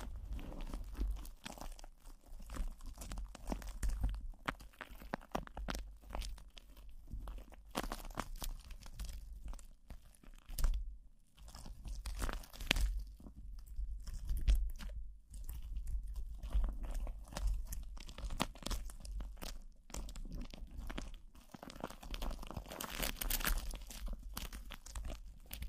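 Plastic wrap rubs and crinkles against a microphone in dense, irregular bursts of crackling for the whole stretch. A steady low rumble runs underneath, and the handling briefly eases near the eleven-second mark before the crunching picks back up.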